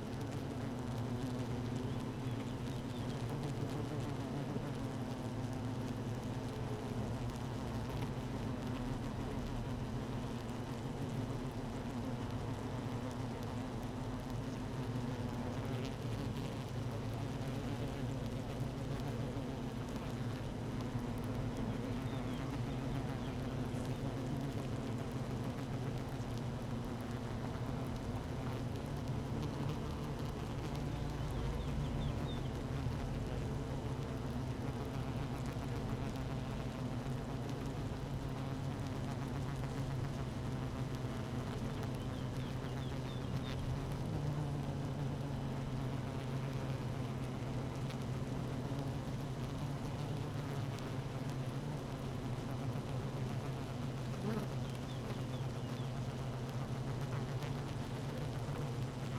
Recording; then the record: honeybee colony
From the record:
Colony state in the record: active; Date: 12 June 2018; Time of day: 15:22